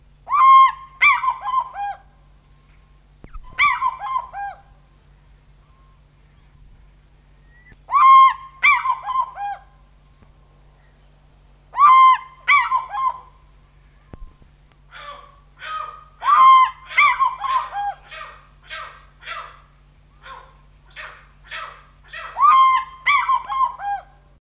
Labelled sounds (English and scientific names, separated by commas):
African Fish-eagle (Haliaeetus vocifer) call